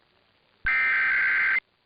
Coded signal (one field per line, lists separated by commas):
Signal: Emergency Alert System (SAME) tones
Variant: header bursts